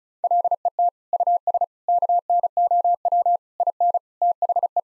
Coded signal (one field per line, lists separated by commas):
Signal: Morse code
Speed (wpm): 34 wpm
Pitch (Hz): 700 Hz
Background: none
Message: LET US KNOW IN THE